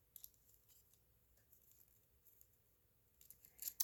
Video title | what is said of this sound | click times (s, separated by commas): Gerber Fairbane Applegate Combat folder disassemble and clean #edc knife on washers | Ah, there it goes. The pivot wasn't seated all the way. | 3.8 s